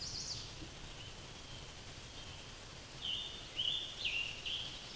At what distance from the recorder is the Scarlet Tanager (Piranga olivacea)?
about 30 m